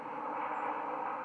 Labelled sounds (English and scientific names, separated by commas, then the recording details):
White-throated Sparrow (Zonotrichia albicollis) flight call
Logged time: 03:44 on 10 November 2014